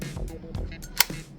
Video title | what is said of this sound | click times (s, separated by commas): Nintendo Switch 2 UNBOXING | Um, let's do the same for the other one. Let's hear that click. | 1.0 s